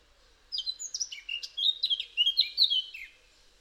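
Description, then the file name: Eurasian blackcap song: a single rapid warbling phrase of varied chirping and whistled notes, jumping up and down in pitch for about two and a half seconds, in an otherwise quiet setting. "Sylvia atricapilla"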